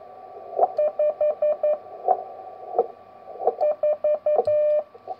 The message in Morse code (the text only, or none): 5 4